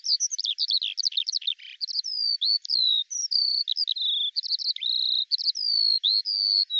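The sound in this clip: Bird song of rapid, varied high chirps and whistled slurs, many falling or rising, delivered in a nearly continuous stream.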